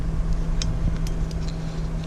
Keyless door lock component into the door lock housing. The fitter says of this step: and it just snaps right in here.